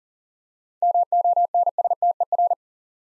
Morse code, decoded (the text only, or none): MONSTER